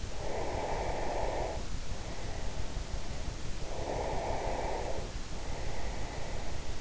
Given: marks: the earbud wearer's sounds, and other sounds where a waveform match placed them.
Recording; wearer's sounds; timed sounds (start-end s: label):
sounds in sleep by an in-ear microphone; breath
0.05-3.04 s: breath
3.57-6.81 s: breath